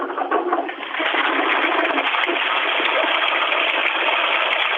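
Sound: toilet flushing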